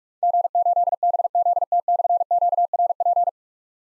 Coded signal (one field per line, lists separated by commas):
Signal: Morse code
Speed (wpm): 44 wpm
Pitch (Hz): 700 Hz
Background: none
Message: G8BZT/QRP